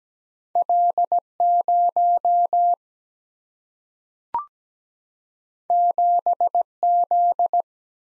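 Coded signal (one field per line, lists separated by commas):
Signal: Morse code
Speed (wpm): 17 wpm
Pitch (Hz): 700 Hz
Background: none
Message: L 0 7 Z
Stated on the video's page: Computer-generated Morse head-copy drill of single-letter/single-number combinations at 17 wpm; each sent, spoken, then sent again.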